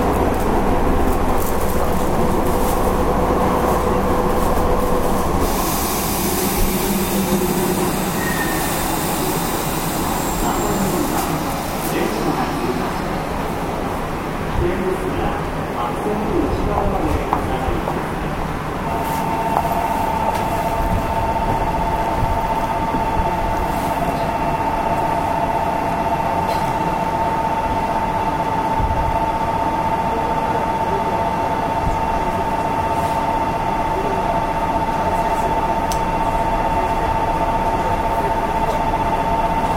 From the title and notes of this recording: 西鉄5000系 普通 二日市から薬院まで. 西日本鉄道 5000系電車の走行音です。 大牟田線の普通列車で録音しました。 It is running noise of Nishitetsu railway 5000 series train. I recorded on a local train at Omuta Line.